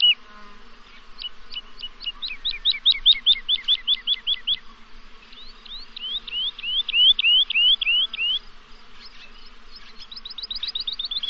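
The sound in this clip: Bird singing several phrases of quickly repeated slurred notes, switching note type between phrases with brief pauses, over a soft continuous low hum.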